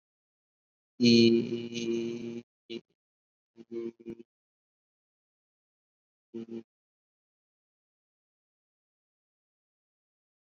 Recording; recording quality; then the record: sustained vowel as in beet; excellent, no background noise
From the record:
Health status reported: COVID-19 positive, moderate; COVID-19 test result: positive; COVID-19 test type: RT-PCR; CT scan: not taken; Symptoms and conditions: cough, cold, breathing difficulty, sore throat, fever, fatigue, muscle pain, loss of smell and taste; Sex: male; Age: 26 years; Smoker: no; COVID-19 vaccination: both doses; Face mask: worn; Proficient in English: no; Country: India